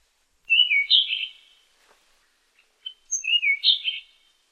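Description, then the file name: Tanahjampea Blue Flycatcher song: two short, high warbled phrases separated by a pause. "sikatan tanahjampea"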